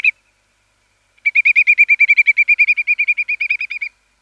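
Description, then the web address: Whimbrel giving one short note, then a long, even trill of some two dozen whistled notes that runs steadily for over two and a half seconds and fades slightly at the end. "Schulze Peter Whimbrel calls"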